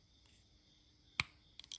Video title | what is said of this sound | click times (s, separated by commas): In For Service (Episode 3) | And you can hear it pop out a little bit. | 1.2 s